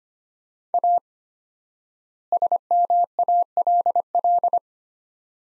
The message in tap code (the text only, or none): none